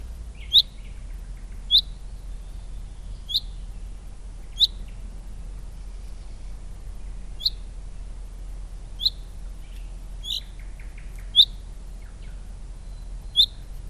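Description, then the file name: Common chaffinch calls: short, sharp, bright notes given singly about every one to three seconds, over a steady low rumble. "Fringilla coelebs"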